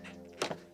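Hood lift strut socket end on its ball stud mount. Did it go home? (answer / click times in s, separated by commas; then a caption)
released / 0.4 s. The metal socket end of a BMW hood lift strut is pried off its ball stud mount with a small screwdriver while the spring clip is levered back. Over a quiet steady hum, a single sharp thunk comes at 0.4 seconds, followed by a softer knock about a tenth of a second later. The strut end pops free and is released from the ball stud.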